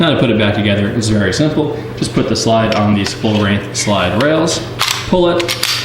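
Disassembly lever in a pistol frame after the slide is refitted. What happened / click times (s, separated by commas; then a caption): Handled, not yet home: the steel slide is being fitted and nothing has latched yet / none. Someone talks while the slide of a REX zero 1 S pistol is placed onto the frame's full-length slide rails and pulled, with faint handling noises under the speech. The steel disassembly lever in the frame has not clicked back into place yet, and nothing has seated.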